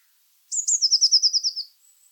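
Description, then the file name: Eurasian blue tit song: two high thin introductory notes followed by a fast descending trill of about nine buzzy elements, lasting just over a second. "Cyanistes caeruleus"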